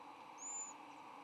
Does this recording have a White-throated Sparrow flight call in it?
no